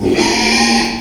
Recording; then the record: squeal of a Yucatan mini pig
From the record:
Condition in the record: after surgery on the right vocal fold (resection and tissue-engineered implant); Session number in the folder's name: 2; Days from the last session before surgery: 13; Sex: male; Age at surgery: 12 weeks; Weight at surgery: 13 kg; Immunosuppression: cyclosporine, prednisolone